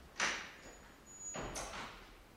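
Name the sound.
door being closed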